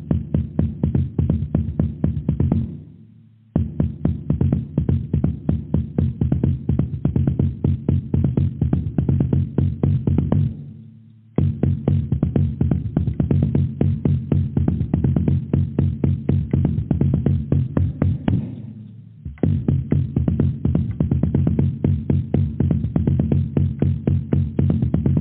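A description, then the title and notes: Fast, steady drumming with dense, regular low thumping strokes, broken by brief pauses near 3, 11 and 19 seconds before resuming. DRUMMING.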